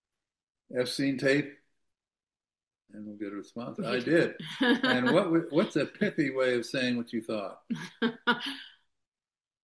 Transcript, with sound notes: Epstein tape? And we'll get a response. I did.
(laughs)
And what w- what's a pithy way of saying what you thought?